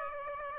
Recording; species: mosquito wingbeat signal from an infrared sensor; Aedes aegypti